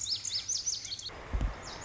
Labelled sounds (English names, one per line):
Lazuli Bunting